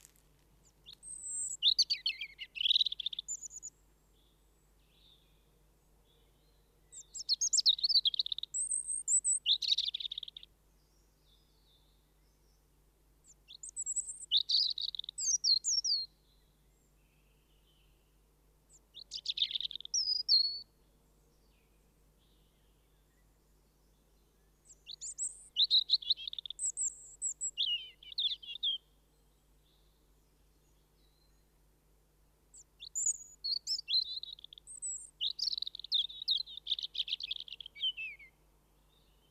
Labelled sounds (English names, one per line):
European Robin song